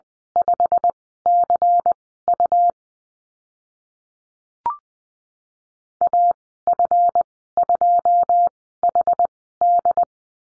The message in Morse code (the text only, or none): 5CU AF2HD